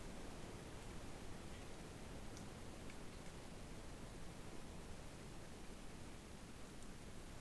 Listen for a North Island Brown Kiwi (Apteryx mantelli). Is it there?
no